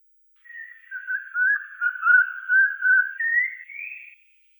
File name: sych vorobinyy golos